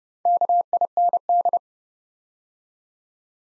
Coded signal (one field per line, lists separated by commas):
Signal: Morse code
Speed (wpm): 31 wpm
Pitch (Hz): 700 Hz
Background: none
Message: KIND